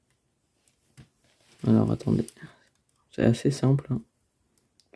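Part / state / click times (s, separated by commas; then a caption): plastic brick part into a toy robot model / seated / 4.8 s, 4.9 s. A plastic brick piece of a toy robot model is pushed onto its mount while someone talks. Sharp plastic clicks sound at 4.8 and 4.9 seconds as the part clips into place and is seated.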